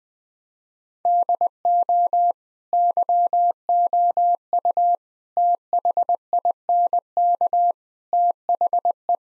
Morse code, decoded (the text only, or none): DO YOU THINK THE